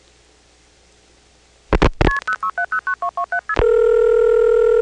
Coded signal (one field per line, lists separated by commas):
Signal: multi-frequency trunk signalling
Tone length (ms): 90 ms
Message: KP06709227KP2